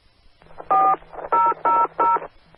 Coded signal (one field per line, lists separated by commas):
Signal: DTMF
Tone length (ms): 200 ms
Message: 4000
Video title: 2013-05-19 - KS0LNK 444.850 Mhz K-Link Repeater System